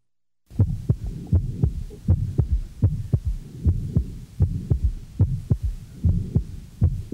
Innocent murmur as heard in a 2-year-old child.